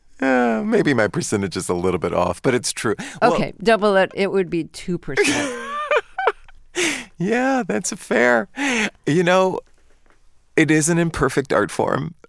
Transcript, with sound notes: Maybe my percentage is a little bit off, but it's true. Well..
OK. Double it - it would be 2%.
(Laughter) Yeah, that's fair. You know, it is an imperfect art form.